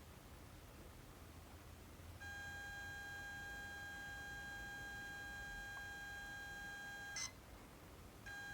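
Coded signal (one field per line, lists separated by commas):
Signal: ZX Spectrum tape loading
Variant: 48K Spectrum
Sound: quiet hiss, then a steady buzzy lead tone for five seconds, a click, tone again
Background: room hiss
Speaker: That actually sounds like a nice clean tone.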